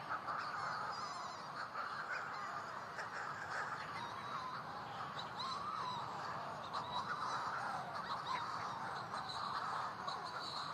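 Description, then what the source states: Manx Shearwaters giving harsh, cackling flight calls in a continuous chorus of overlapping birds. Calls in flight above the colony on Skellig Michael in the Atlantic, in near-total darkness; awaited by a mate incubating a single egg in a burrow, possibly days without a meal.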